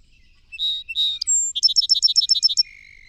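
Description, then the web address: Song Sparrow song, opening with two whistled notes and a piercing high note, then a rapid bouncy trill and a drawn-out lower buzz. "songs 169 Song Sparrow"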